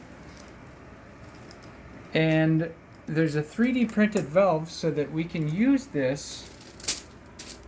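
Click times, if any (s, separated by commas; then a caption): 6.9 s. A small 3D printed plastic valve adapter is fitted onto a double-seal firefighter mask used for CPAP, and it locks into place. Someone talks, and a sharp click is heard at 6.9 s as the valve seats.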